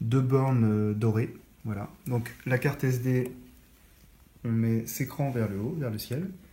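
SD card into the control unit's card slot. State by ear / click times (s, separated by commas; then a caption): not seated / none. An SD card is handled at the spring slot in the control unit of a bird-scaring sound system while someone talks throughout. Nothing has seated or clicked yet; the card is not yet home.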